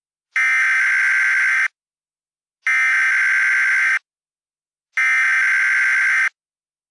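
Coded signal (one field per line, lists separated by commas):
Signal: Emergency Alert System (SAME) tones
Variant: header bursts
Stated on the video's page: Fictional mock EAS alert.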